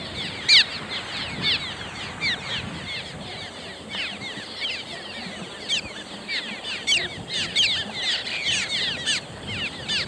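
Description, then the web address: Cliff swallow calls, dense chorus of quick sweeping chirps from many birds, several sharp louder notes scattered throughout. "swallows clsw"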